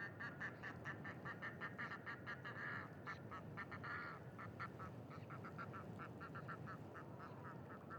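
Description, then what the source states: Duck quacks: a busy, rapid chorus of short nasal quacks and chattering notes, densest in the first half and thinning later, over low background noise. Ducks with unusual calls at a pond beside a site staging scarecrows in gory scenes; recorded with Sonosax SXM2D2, iPhone, MS mkh30/40 microphones in Cinela PIA2.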